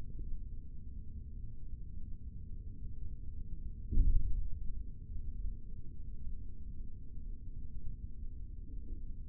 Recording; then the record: forearm muscle sounds (acoustic myography)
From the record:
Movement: rest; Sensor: system 3, bracelet of six PUI Audio POM-2738L microphones around the upper forearm, with dedicated amplification and filtering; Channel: 2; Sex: male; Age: 23 years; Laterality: right